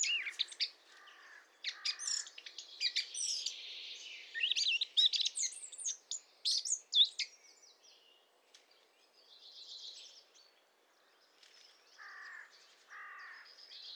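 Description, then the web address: Eurasian blackcap song: a fast, scratchy warble of mixed high notes in the first seven seconds, then quieter chattering and two lower buzzy phrases near the end. "SETE data Sylvia atricapilla"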